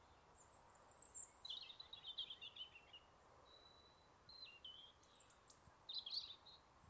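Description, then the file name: European robin song, thin high warbled phrases and trills with pauses between them, faint and over a steady background hiss. "Erithacus rubecula"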